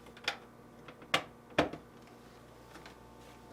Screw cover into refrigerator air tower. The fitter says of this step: align the tabs on the screw cover to the retaining slots on the air Tower and press until it snaps back into place